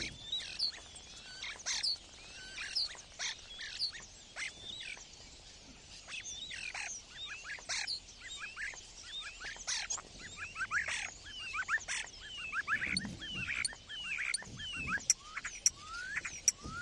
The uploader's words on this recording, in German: Ein Abend in der Lehmgrube. Nicht so laut, wie sonst, da irgendwann ein Star direkt ins Mikrophon brüllt. Aber echtes AB-Stereo.